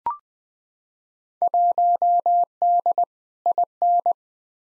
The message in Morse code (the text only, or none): 1D IN